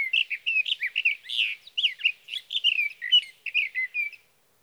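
Sage thrasher singing a rapid, rambling warble of slurred whistles and rougher buzzy notes that ends after about four seconds, then quiet.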